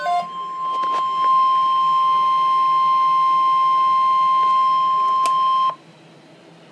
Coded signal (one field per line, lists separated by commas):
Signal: Emergency Alert System (SAME) tones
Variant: 1050 Hz attention tone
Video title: Severe Thunderstorm Watch-(EAS #94)